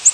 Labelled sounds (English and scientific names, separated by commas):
Yellow-rumped Warbler (Setophaga coronata) flight call